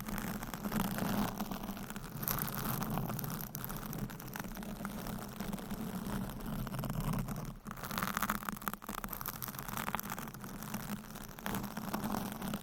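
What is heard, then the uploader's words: Microphone scratching: a dense, continuous rubbing and scraping with a steady low rumble underneath, broken by frequent sharp clicks and scrapes. The level holds fairly constant, with a brief drop near the eight-second mark before the scratchy friction picks back up. ASMR Mic Scratching - Brain Scratching Brain Melting Asmr No Talking.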